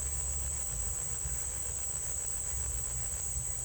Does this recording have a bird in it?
no